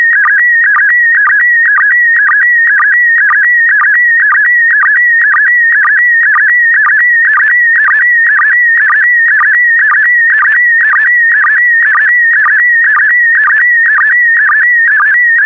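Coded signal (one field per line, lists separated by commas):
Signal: SSTV (slow-scan television)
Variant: PD120 mode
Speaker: get ready starting transmission in 5 4 3 2 1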